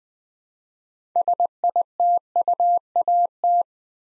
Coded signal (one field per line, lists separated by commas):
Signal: Morse code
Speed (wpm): 20 wpm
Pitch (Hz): 700 Hz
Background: none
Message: SITUAT